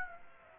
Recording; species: mosquito wingbeat signal from an infrared sensor; Aedes aegypti